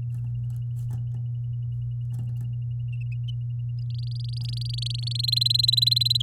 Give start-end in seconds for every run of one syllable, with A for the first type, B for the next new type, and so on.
3.90-5.21 A, 5.23-6.22 B